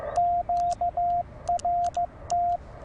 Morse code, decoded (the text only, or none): QRT